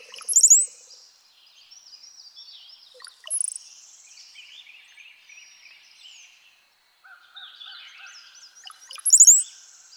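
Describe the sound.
Brown-headed cowbird song: gurgling notes and a sharp, very high whistle, loudest at the start and end, with quieter twittering between.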